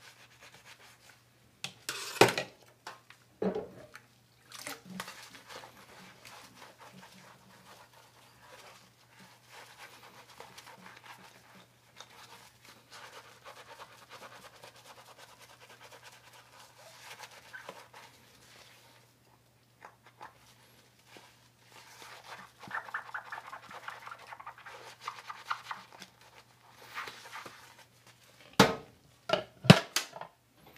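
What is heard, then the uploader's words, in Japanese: Ramen with seared bonito: sparse clinks and rustles over a steady low hum, sharp clacks near the start and end, busier scraping midway. 環境音 かつおのたたきらーめん。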